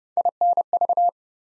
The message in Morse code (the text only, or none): INV